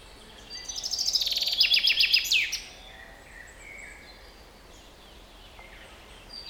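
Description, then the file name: Common chaffinch singing one phrase of bright, repeated downslurred notes that ends in a sharp flourish; soft background noise. "Fringilla coelebs"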